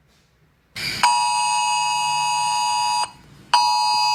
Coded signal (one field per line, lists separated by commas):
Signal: Emergency Alert System (SAME) tones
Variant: 853 and 960 Hz attention tone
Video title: A SHORT EAS Scenario Time Goes Transparent & Terrible